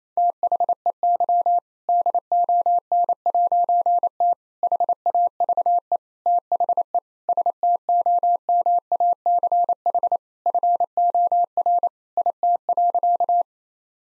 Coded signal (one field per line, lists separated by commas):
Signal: Morse code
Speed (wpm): 28 wpm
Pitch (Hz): 700 Hz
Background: none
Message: THEY DON'T HAVE THE STOMACH FOR IT.